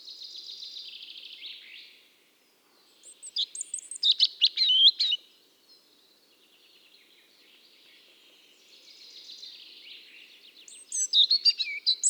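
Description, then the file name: European robin song: a soft high trill, then a loud burst of varied, quick twittering phrases with thin high whistles, pausing before another sweet, tumbling phrase. "Erithacus rubecula"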